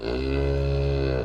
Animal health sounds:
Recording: contact call of a hoofed animal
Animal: cattle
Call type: low-frequency (closed-mouth) or high-frequency (open-mouth) call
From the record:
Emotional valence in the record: negative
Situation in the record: full separation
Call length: 1.25 s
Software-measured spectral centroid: 1390 Hz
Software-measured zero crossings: 890 a second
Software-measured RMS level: -24 dBFS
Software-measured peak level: -13 dBFS

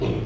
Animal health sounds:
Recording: contact call of a hoofed animal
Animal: pig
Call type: closed-mouth grunt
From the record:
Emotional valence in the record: negative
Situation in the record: short social isolation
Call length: 0.26 s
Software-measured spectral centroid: 1610 Hz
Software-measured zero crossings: 910 a second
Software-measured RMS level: -24 dBFS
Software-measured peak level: -13 dBFS

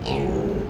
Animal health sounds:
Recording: contact call of a hoofed animal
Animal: pig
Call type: closed-mouth grunt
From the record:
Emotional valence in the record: negative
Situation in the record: short social isolation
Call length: 0.70 s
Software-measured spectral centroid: 1550 Hz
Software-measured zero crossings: 1040 a second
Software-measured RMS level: -24 dBFS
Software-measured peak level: -10 dBFS

